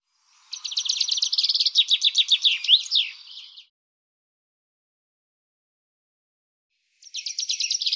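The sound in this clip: Common chaffinch song: a fast, bright series of repeated high notes ending in a sharp flourish, then a second song begins near the end.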